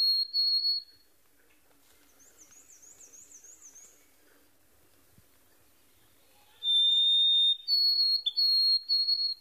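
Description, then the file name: White-throated sparrow whistling pure notes, one at the start, then later a steady note followed by a higher stuttered series; a brief higher zigzag trill sounds in between. "White-Throated Sparrow. from Monty Brigham"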